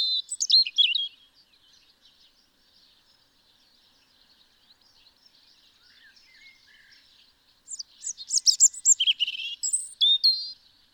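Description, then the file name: European robin song with a brief jangling opening phrase, a long near-silent gap with soft notes, then a longer, varied trilling phrase. "Erithacus rubecula"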